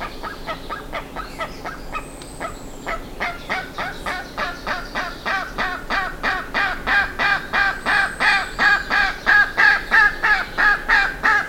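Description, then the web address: Bird calls, harsh harmonic notes repeated about three times per second, growing slightly louder toward the end, with a few thin high whistles above. "BIRD SABIOD 50 bird 2015"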